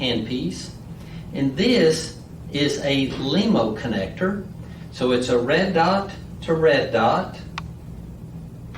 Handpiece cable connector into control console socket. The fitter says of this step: and it also will snap into place